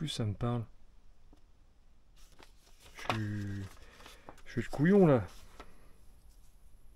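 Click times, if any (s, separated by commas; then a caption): none. A plastic part is handled and pressed toward its place on the chassis of a Tamiya TT01 RC car kit during assembly, while someone talks in a small room and brief faint ticks are heard at about 2.4 s and 5.6 s. Nothing has seated or clicked into place yet by the end of the clip.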